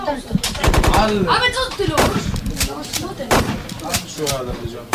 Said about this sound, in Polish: Nastoletni chłopcy w kafejce internetowej grają w strzelanki. Są tym zajęciem tak pochłonięci, że ani myślą ze mną rozmawiać.